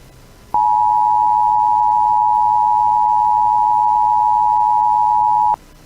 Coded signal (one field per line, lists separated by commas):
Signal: Emergency Alert System (SAME) tones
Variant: 853 and 960 Hz attention tone